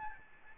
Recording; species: mosquito wingbeat signal from an infrared sensor; Aedes albopictus